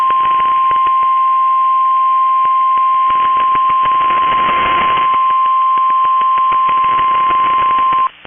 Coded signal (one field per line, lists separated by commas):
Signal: Emergency Alert System (SAME) tones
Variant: 1050 Hz attention tone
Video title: Pretty rare, Snow squall warning on KEC65 #EAS,203